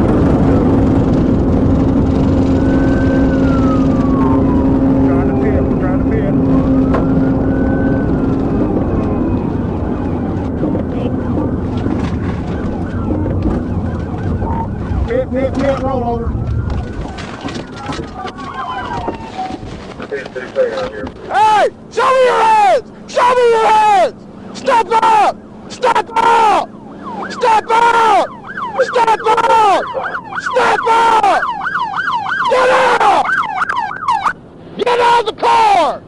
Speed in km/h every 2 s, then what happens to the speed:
184, 172, 159, 150, 129, 85, 47, 0, 0, 0, 0, 0, 0, 0, 0, 0, 0, 0.
0-14 brakes to 0. 14-36 standing.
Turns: none.